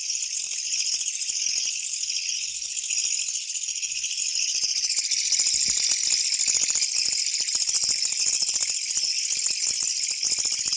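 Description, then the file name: Japanese katydid rattling continuously, the harsh buzzing swelling a little louder partway through and then holding steady. "kutuwamushi"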